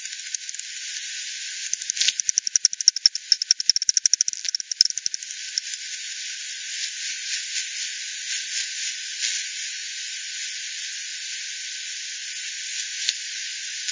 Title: WW bat 20201007 T 18 : 10 Z-Hogsmill-Lane-Hogsmill-River-multiple-bats-FD 10